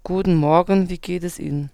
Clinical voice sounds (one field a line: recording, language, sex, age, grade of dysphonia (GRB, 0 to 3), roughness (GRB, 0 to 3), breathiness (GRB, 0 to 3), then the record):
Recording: spoken sentence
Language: German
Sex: female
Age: 30 to 39 years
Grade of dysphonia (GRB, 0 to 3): 2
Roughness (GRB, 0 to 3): 2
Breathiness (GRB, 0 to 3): 2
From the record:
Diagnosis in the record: Reinke's edema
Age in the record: 34 years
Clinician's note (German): Zustand nach Stütze, leichte Rötung und Schwellung, sehr unregelmäßiges Schwingungsbild